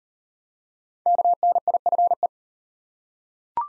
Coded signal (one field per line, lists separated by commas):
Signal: Morse code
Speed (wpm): 40 wpm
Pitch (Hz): 700 Hz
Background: none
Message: KNIFE